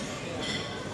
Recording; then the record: coughing mixed with background sound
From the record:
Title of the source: Spring Cold Coughing.